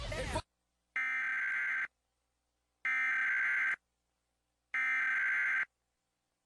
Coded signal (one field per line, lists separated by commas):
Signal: Emergency Alert System (SAME) tones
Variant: header bursts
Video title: 10 Years on YouTube Top 10 SCARY EAS National Tests WITH COMMENTARY